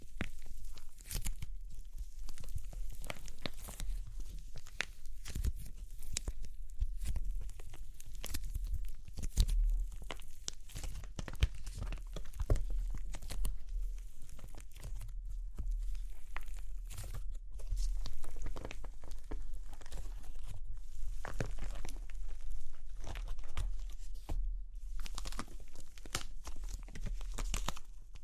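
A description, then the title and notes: Crunchy clay cracks and crumbles in dense, irregular bursts of crisp snaps and crinkles that run steadily for the whole stretch. Sharper cracks stand out around 9 and 12 seconds, and a low rumble sits underneath throughout. Super Crunchy Clay Cracking (No Talking).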